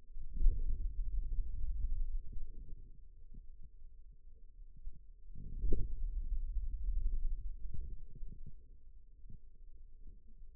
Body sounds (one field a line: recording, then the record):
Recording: forearm muscle sounds (acoustic myography)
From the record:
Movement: hand closing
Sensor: system 2, bracelet of six BSWA MPA416 microphones around the upper forearm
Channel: 4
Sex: male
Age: 22 years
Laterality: right